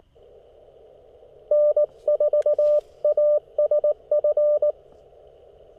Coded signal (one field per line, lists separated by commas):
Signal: Morse code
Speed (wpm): 17 wpm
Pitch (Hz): 590 Hz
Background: none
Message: N4ASF